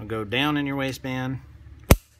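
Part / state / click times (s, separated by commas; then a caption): pistol into holster / seated / 1.9 s. Someone talks while a compact RM380 pistol, cleared, is pushed down into a rigid RM 3801 holster with an Ulticlip set up for inside-the-waistband carry. A single sharp, fast-decaying click at 1.9 s marks the pistol seating and retained in the holster.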